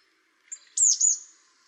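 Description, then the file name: Marsh tit call: a brief high tick followed by a sharp, downward-swooping double note, clear and bright against quiet background. "Poecile palustris"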